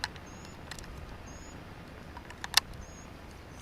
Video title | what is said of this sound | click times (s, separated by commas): 🔴 LIVE from DFW International Airport (TAKE 2): Go plane spotting with Runway DFW on Jul 27 2022 | hear me clicking them in there and closing the case | 0.0 s, 0.7 s, 0.8 s, 2.3 s, 2.4 s, 2.6 s